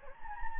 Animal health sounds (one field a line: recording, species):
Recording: mosquito wingbeat signal from an infrared sensor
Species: Anopheles gambiae